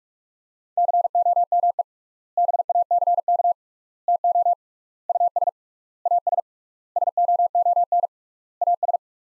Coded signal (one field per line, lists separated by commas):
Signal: Morse code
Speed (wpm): 46 wpm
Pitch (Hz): 700 Hz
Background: none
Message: COME BACK TO US AS SOON AS